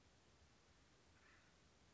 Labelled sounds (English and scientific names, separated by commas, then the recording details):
Acorn Woodpecker (Melanerpes formicivorus)
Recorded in Sonoma County, California